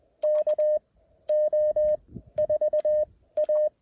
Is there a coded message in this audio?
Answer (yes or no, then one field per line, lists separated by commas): yes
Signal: Morse code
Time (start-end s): 0.2-3.7 s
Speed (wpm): 21 wpm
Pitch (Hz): 1800 Hz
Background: none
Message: KO4A